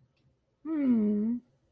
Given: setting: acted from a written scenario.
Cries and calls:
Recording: vocal sound without words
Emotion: adoration

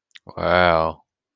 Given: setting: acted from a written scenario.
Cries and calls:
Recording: vocal sound without words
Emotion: awe

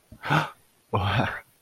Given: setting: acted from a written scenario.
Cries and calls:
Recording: vocal sound without words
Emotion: awe

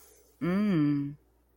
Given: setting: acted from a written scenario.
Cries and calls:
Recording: vocal sound without words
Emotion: romantic love

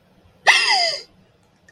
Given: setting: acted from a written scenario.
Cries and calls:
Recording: vocal sound without words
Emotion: negative surprise

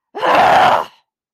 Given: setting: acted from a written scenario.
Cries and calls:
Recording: vocal sound without words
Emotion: anger

